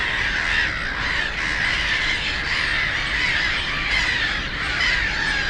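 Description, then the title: Black-headed gulls in a continuous wall of harsh, overlapping screeching calls, dense and unbroken, with faint low rumble. Many black-headed gulls, the loudest birds at Frog Ponds nature complex on former coal-mining ponds, Bytom, Poland; nearby DK79 road and railway noise. "Żabie Doły, Bytom, Polska - Black-headed gulls at Frog Ponds complex"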